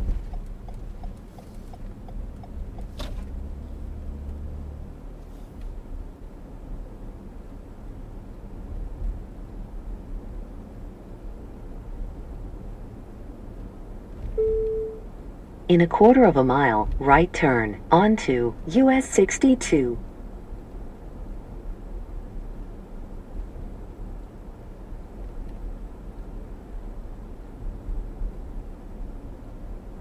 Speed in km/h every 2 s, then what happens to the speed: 23, 26, 24, 26, 31, 35, 39, 37, 37, 40, 40, 40, 40, 39, 37.
0-7 steady at about 24. 7-11 speeds up to 39. 11-30 steady at about 39.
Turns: none.